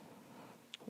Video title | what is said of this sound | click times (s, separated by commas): New Bars & Risers for the El Diablo! | Okay, and click. | 0.7 s